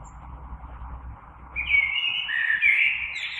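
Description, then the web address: Common blackbird song: a brief mellow warbled phrase arriving after a low rumbling start. Recorded 3 March 2020. "oiseaux Merle 2020 03 03"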